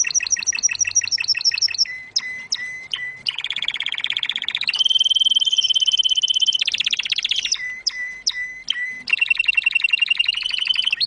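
Domestic canary song, continuous and varied: quick repeated trills, held whistled notes and bursts of buzzy rolling phrases without a break.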